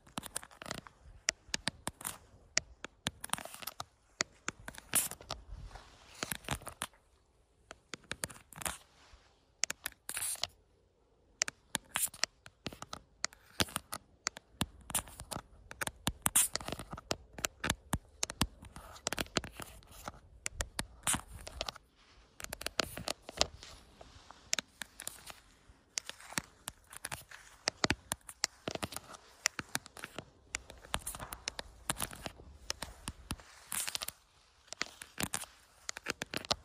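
Tapping on an outdoor camera, a dense run of sharp, bright clicks and knocks that keeps up for the whole stretch. The taps come fast and uneven, in bursts broken by short pauses, with some low thumps and a faint crackling texture underneath.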